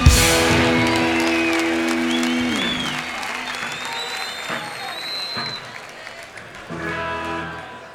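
A live concert audience at Obras in 2004 applauds steadily, dense clapping filling all eight seconds as a held musical chord rings out and fades early on, with a few scattered whistles above the crowd.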